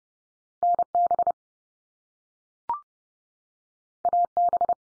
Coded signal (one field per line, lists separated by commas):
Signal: Morse code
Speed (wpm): 30 wpm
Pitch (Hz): 700 Hz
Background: none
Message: NB AB